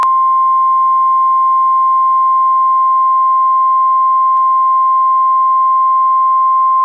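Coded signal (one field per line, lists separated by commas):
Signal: Emergency Alert System (SAME) tones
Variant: 1050 Hz attention tone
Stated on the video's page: Required weekly test on Seattle-area NOAA weather radio, captured as an audio recording.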